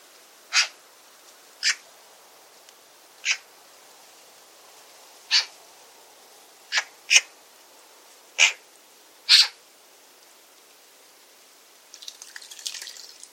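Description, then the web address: Bird calls, brief high sharp notes given eight times at uneven gaps, followed by a faint scratchy rustle at the end. "cianscape birddata Deverinetal 2025"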